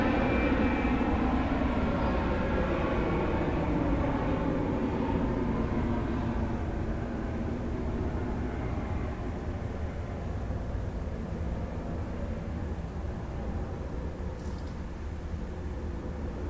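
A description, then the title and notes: An airplane drones overhead, a steady low roar with slowly gliding tones that shift in pitch as it passes. The sound is loudest at the start and eases off gradually over the seventeen seconds, with a brief faint click near the end. Airplanes are back by Juraj Kojš.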